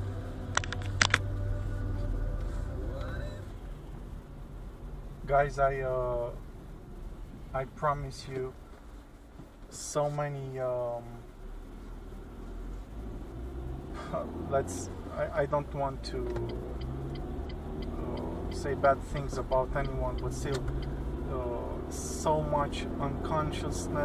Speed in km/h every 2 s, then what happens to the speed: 18, 22, 21, 16, 0, 0, 0, 18, 24, 33, 38, 45.
2-9 slows to 0. 9-12 standing. 12-24 pulls away to 45.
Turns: none.